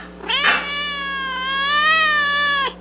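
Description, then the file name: Cat meowing: one long, drawn-out, wavering meow that holds steady before cutting off, with a low steady hum beneath. "cat shorty"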